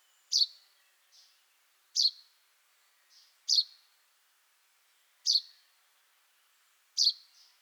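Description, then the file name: Common chaffinch calling with five sharp, bright notes spaced over about seven seconds, softer quieter notes slipped between them. "Fringilla coelebs"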